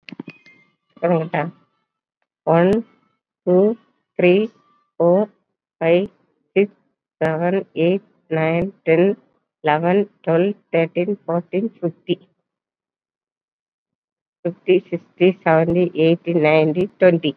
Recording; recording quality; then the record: counting at a normal pace; excellent, no background noise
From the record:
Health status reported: COVID-19 positive, mild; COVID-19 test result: positive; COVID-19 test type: RT-PCR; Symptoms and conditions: cough, cold, fatigue, hypertension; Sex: female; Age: 58 years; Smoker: no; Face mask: worn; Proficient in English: no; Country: India